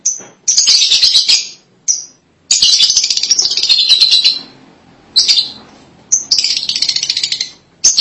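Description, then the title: Lovebird chatter: loud, harsh, high twittering bursts separated by short pauses, with brief single chirps between them. "BM Suara Burung Lovebird"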